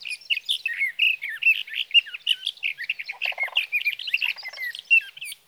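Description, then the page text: Sage thrasher song, a continuous rapid warble of jumbled high notes without pause, with two short low buzzy bursts partway through. Male singing through the night near his night roost, three nights from the evening of June 12 to the morning of June 15, 2018, Sierra Valley, California; Swift recorder. "Sage thrasher songs, through the night. For three nights, from the evening of June 12 to the morning of June 15, 2018, in Sierra Valley, California, I placed a Swift recorder near a male's night roost."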